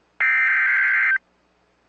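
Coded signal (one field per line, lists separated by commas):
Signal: Emergency Alert System (SAME) tones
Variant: header bursts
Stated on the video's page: Real severe thunderstorm warning SAME tones.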